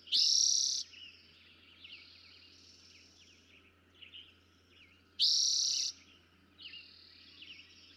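Eastern towhee song: two loud, rapid trilled bursts about five seconds apart, separated by quieter chirps and short whistled notes.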